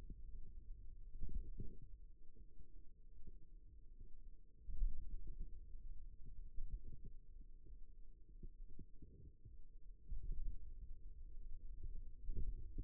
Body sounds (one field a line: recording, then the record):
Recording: forearm muscle sounds (acoustic myography)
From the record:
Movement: pen grasping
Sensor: system 2, bracelet of six BSWA MPA416 microphones around the upper forearm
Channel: 3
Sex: male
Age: 22 years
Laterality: right